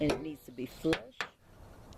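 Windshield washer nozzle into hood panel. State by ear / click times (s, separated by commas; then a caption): seated / 1.2 s. A plastic windshield washer nozzle on a 2009 Jeep Patriot is flipped and pressed down into its opening in the hood panel while someone talks. It snaps in with a sharp click at 1.2 s and is seated, and a faint tick follows at 1.9 s.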